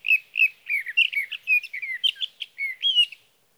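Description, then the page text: Sage thrasher song, a hurried chain of sweet warbling notes and slurred whistles lasting about three seconds, then stopping. Male singing through the night near his night roost, evening of June 12 to morning of June 15, 2018, Sierra Valley, California; Swift recorder. "61. Sage thrasher songs, through the night. For three nights, from the evening of June 12 to the morning of June 15, 2018, in Sierra Valley, California, I placed a Swift recorder (see "Recording birdsong") near a male's night roost."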